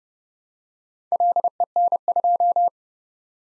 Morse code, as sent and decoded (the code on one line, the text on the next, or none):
.-.. . -. ..---
LEN2